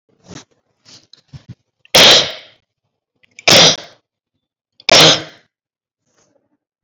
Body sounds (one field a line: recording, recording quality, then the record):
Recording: heavy voluntary cough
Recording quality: excellent, no background noise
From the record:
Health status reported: COVID-19 positive, mild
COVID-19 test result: positive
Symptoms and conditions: breathing difficulty, fatigue, hypertension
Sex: female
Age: 62 years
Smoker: not ticked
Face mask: not worn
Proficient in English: yes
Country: India